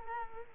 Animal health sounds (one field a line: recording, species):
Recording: mosquito wingbeat signal from an infrared sensor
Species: Culex quinquefasciatus